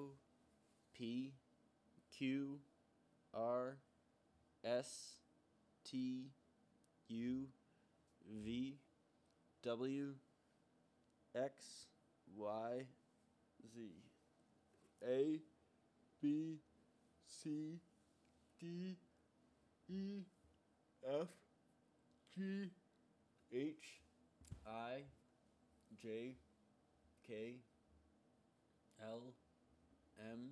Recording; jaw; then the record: letters of the alphabet, spoken; free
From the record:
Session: seven days later